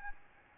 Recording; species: mosquito wingbeat signal from an infrared sensor; Aedes albopictus